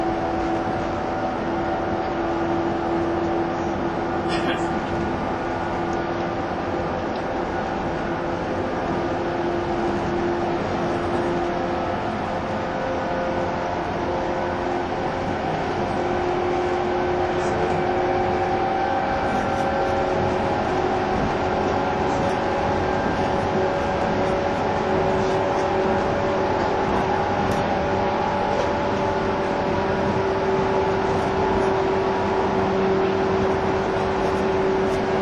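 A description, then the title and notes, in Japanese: Running sound recorded aboard a 185-series Odoriko 106 train: a dense, steady roar of the moving carriage with constant low rumble throughout. Sustained whining tones hold and slowly shift in pitch, and a brief sharp click sounds near the fourth second. 185系 踊り子106号01 伊豆急下田～熱海。修善寺始発の列車を併結しつつも上り列車で最速となる、185系踊り子106号を収録したものです。音の旅(走行音)。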